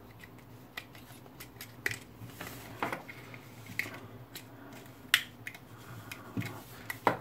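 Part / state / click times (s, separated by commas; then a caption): action camera into mount/frame on tripod / seated / 5.1 s. A GoPro 5 action camera assembly is snapped into its mount or frame on a tripod, with several small clicks and handling taps throughout. The loudest sharp click at 5.1 s is the camera seating in the mount.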